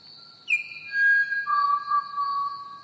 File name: pied butcherbird and crickets chirping